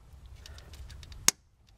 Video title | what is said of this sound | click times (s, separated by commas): Oxygen Sensor Replacement on Discovery Series II | When you go to reinstall simply push the two together. You'll hear a click. | 1.3 s